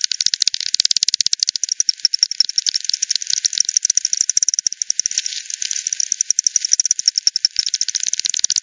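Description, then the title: Bat echolocation heard as rapid regular clicking, several overlapping pulse trains giving a busy rattling texture throughout. Multiple bats at Hogsmill River, Hogsmill Lane, 7 October 2020, 18:10; frequency-divided by ten, bandpass filtered and resampled. "WW bat 20201007 T 18 : 10 Z-Hogsmill-Lane-Hogsmill-River-multiple-bats"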